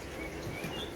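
A side panel of a flat-pack falconry travel box is handled toward its frame joint against steady broadband background noise, with faint high chirp-like tones near 2–3 kHz. Nothing has seated or clicked yet; the panel is not yet home.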